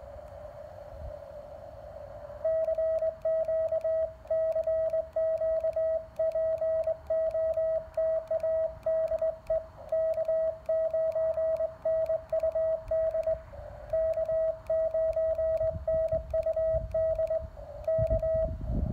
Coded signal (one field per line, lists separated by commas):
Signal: Morse code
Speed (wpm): 21 wpm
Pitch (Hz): 640 Hz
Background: radio noise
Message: CQ CQ POTA DE K9NUD K9NUD K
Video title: CW Cootie POTA Activation of K-1001 using Elecraft KX1, KXPD1 paddles and a unique home-brew EFHW